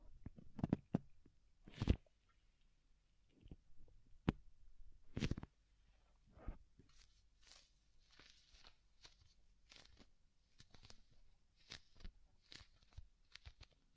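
Soft, fluffy ear tingles: separate brushing and crinkling touches, with a few sharper, louder taps near the start. Later the sounds grow quieter and hissier, repeating about once or twice a second over a low, steady hum.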